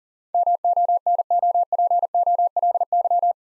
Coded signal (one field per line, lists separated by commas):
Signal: Morse code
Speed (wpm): 40 wpm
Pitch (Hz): 700 Hz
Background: none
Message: MONOPOLY